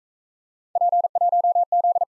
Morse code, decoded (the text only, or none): P1Z